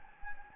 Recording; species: mosquito wingbeat signal from an infrared sensor; Anopheles gambiae